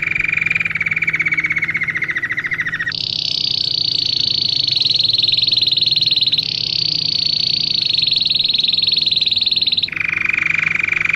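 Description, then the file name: Belgian canary song of long rolled tours, a lower buzzing trill shifting up to a high sustained roll, then back down to the lower pitch. Smooth-headed (plain-headed) Belgian canary, Australian line, singing. "canto do canario belga cabeca lisa australiana"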